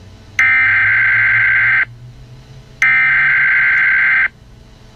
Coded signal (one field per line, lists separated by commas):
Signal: Emergency Alert System (SAME) tones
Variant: header bursts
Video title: Another Channel Update + New EAS Scenario Preview